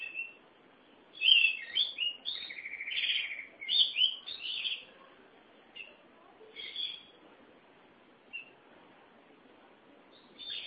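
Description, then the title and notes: Oriental magpie-robin giving a quick burst of bright whistles and buzzy notes, followed by sparse, quieter single notes and long pauses. "Suara Kicauan Burung Kacer Durasi Panjang. Suara kicauan burung kacer format mp3 durasi panjang"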